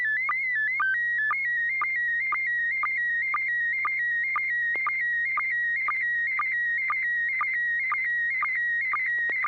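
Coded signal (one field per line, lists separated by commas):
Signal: SSTV (slow-scan television)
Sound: warbling electronic tone sliding between pitches, with rapid regular low chirps throughout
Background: low steady hum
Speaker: yeah I've got one to send out and let's see oops turn on templates I almost forgot to do that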